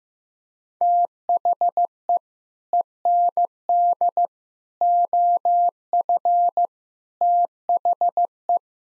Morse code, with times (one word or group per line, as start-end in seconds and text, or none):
0.8-2.2 THE
2.7-4.3 END
4.8-6.7 OF
7.2-8.6 THE